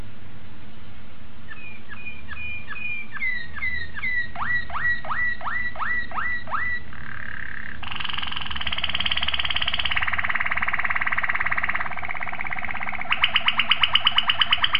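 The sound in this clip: Domestic canary song: repeated tours of quick sweeping notes, then a long buzzy rolling trill, ending in a rapid series of sharp clicks.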